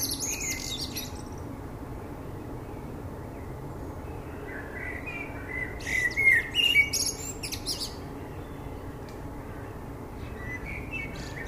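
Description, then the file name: Common blackbird giving a single fluted phrase with high squeaky twitters around six to seven seconds, fainter fragments at the start and end, amid steady hiss. "Turdus merula"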